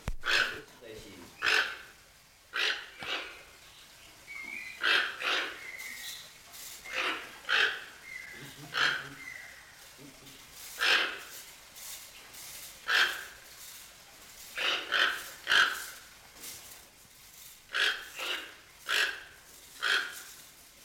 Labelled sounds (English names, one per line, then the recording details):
Toco Toucan call
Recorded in captivity
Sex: pair
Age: adult
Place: Zoo Berlin, Berlin, DE
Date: 1992-05-09 10:40
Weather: wechselnd wolkig, böiger Wind, 10-12°C
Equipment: Nagra SN, Mikrofon AKG CK 8, Kopie Tesla B 116
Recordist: Tembrock, Günter